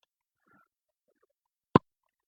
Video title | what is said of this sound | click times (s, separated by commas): McFarlane Toys - Kickstarter - Medieval Spawn (Black Edition) review | I heard that click. | 1.8 s